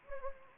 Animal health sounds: mosquito wingbeat signal from an infrared sensor; Anopheles gambiae

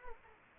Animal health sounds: mosquito wingbeat signal from an infrared sensor; Anopheles arabiensis

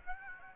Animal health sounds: mosquito wingbeat signal from an infrared sensor; Aedes aegypti

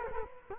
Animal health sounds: mosquito wingbeat signal from an infrared sensor; Culex quinquefasciatus

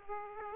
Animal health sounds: mosquito wingbeat signal from an infrared sensor; Aedes aegypti

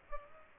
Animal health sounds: mosquito wingbeat signal from an infrared sensor; Culex pipiens

